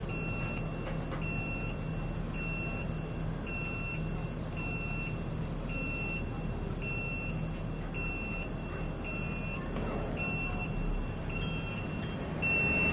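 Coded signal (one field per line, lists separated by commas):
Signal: alarm pattern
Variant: bus turn signal beeper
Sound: a high steady beep repeating about once a second over street noise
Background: traffic noise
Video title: 06/10/2024 Taiwan Buses never turn off their signal that makes a 90 decibel beeping sound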